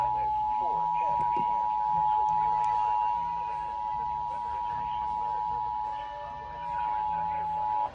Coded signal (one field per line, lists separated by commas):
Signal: Emergency Alert System (SAME) tones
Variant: 853 and 960 Hz attention tone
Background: speech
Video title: EAS Severe Thunderstorm Warning for Indiana on TV (6/13/2024) EAS #373.1